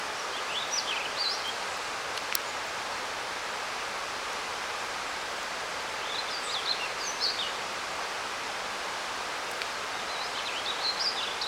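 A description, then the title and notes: A river rushes nearby in a steady, unbroken hiss that fills the middle and upper range without any change over the eleven seconds. Bird chirps and short warbling phrases rise above the water at scattered moments, with a couple of faint clicks. At the start of a hike up Indian River Trail. I heard a different sounding bird song. Fortunately I was able to get recordings of it singing, though with its position up in the canopy and the nearby river noise, the songs don’t stand out super clear. I did a little adjusting with audacity to try and bring them up a bit.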